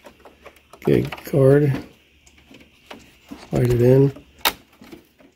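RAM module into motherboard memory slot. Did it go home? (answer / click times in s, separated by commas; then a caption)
yes / 4.5 s. A 16 GB memory module is slid into the memory slot on the motherboard of a Lenovo ThinkCentre M820z while someone talks. Light handling taps come before a sharp, loud pop at 4.5 s as the module latches and seats in the slot.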